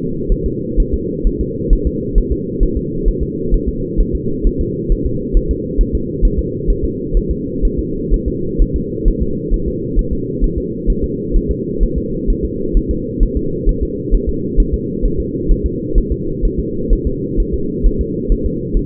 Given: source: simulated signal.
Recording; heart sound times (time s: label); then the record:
fetal heart sounds
0.32 s: S1
0.46 s: S2
0.80 s: S1
0.94 s: S2
1.27 s: S1
1.41 s: S2
1.73 s: S1
1.87 s: S2
2.18 s: S1
2.32 s: S2
2.63 s: S1
2.77 s: S2
3.08 s: S1
3.23 s: S2
3.54 s: S1
3.69 s: S2
4.01 s: S1
4.15 s: S2
4.47 s: S1
4.61 s: S2
4.92 s: S1
5.06 s: S2
5.37 s: S1
5.51 s: S2
5.81 s: S1
5.95 s: S2
6.25 s: S1
6.39 s: S2
6.70 s: S1
6.84 s: S2
7.17 s: S1
7.31 s: S2
7.65 s: S1
7.79 s: S2
8.14 s: S1
8.28 s: S2
8.62 s: S1
8.76 s: S2
9.08 s: S1
9.22 s: S2
9.54 s: S1
9.68 s: S2
9.99 s: S1
10.13 s: S2
10.44 s: S1
10.58 s: S2
10.90 s: S1
11.04 s: S2
11.36 s: S1
11.51 s: S2
11.83 s: S1
11.98 s: S2
12.30 s: S1
12.45 s: S2
12.77 s: S1
12.91 s: S2
13.23 s: S1
13.37 s: S2
13.69 s: S1
13.83 s: S2
14.15 s: S1
14.29 s: S2
14.60 s: S1
14.74 s: S2
15.05 s: S1
15.20 s: S2
15.51 s: S1
15.66 s: S2
15.98 s: S1
16.12 s: S2
16.45 s: S1
16.59 s: S2
16.93 s: S1
17.07 s: S2
17.40 s: S1
17.54 s: S2
17.87 s: S1
18.01 s: S2
18.32 s: S1
18.46 s: S2
18.77 s: S1
From the record:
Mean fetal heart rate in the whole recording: 130 bpm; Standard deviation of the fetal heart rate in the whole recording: 4 bpm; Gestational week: 38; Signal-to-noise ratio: -6.6 dB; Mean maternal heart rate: 72 bpm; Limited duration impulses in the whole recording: present